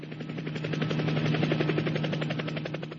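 A helicopter ringtone on a mobile phone: rapid, steady rotor chopping over a low, constant engine hum, loud and unbroken for about three seconds with no voices.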